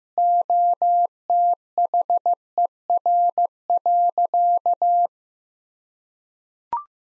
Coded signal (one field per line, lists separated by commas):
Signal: Morse code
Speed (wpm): 16 wpm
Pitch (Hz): 700 Hz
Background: none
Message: OTHER.